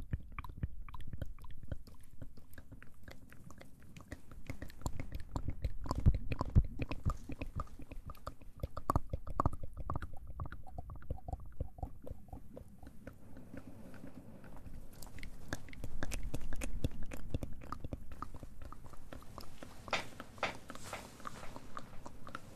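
Wet mouth sounds and soft ear play fill the clip with dense, rapid clicks and smacks, busiest in the first half. Around the middle the clicking thins, then brighter, sharper pops return in clusters near the end over a low, steady rumble.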